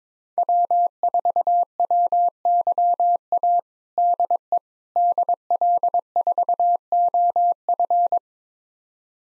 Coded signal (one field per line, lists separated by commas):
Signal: Morse code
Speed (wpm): 22 wpm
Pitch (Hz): 700 Hz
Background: none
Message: W4WYA DE DL4OF